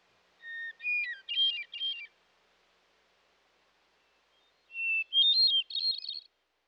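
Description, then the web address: Hermit thrush song: two flute-like phrases about four seconds apart, each a pure introductory whistle then a swirl of higher ringing notes, the second phrase pitched higher. Western North America. "Dan Gibson Wildlife Identification By Sound, Western North America. Hermit Thrush"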